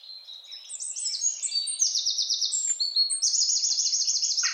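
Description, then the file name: Eurasian wren song with rapid, piercing trills of high, pulsing notes, delivered almost without a break. "Troglodytes troglodytes"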